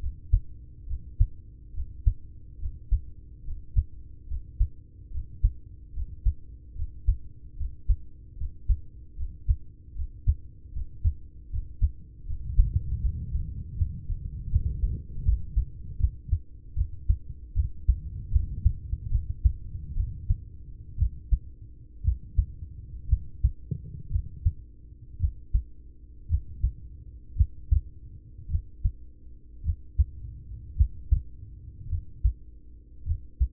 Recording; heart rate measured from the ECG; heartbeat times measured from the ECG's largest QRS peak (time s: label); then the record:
heart sounds by stethoscope; 67 bpm
0.83 s: heartbeat
1.70 s: heartbeat
2.55 s: heartbeat
3.40 s: heartbeat
4.24 s: heartbeat
5.07 s: heartbeat
5.90 s: heartbeat
6.72 s: heartbeat
7.53 s: heartbeat
8.33 s: heartbeat
9.13 s: heartbeat
9.91 s: heartbeat
10.69 s: heartbeat
11.46 s: heartbeat
12.23 s: heartbeat
12.98 s: heartbeat
13.74 s: heartbeat
14.48 s: heartbeat
15.22 s: heartbeat
15.96 s: heartbeat
16.73 s: heartbeat
17.52 s: heartbeat
18.28 s: heartbeat
19.07 s: heartbeat
19.92 s: heartbeat
20.95 s: heartbeat
22.01 s: heartbeat
23.06 s: heartbeat
24.08 s: heartbeat
25.17 s: heartbeat
26.26 s: heartbeat
27.33 s: heartbeat
28.47 s: heartbeat
29.61 s: heartbeat
30.73 s: heartbeat
31.86 s: heartbeat
33.03 s: heartbeat
From the record:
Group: heart failure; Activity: Valsalva maneuver 0-15 s, rest 15-34 s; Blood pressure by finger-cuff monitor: 108/67 mmHg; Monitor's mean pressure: 77 mmHg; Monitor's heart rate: 73 bpm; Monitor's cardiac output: 4.9 L/min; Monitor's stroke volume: 68 mL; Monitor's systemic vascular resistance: 1020 dyn s/cm5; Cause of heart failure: ischemic heart disease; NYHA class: 1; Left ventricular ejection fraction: 33%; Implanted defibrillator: present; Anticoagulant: apixaban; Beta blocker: carvedilol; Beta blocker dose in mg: 18.75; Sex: male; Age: 39 years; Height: 168 cm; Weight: 72 kg